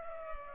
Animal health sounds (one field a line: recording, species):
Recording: mosquito wingbeat signal from an infrared sensor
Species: Culex pipiens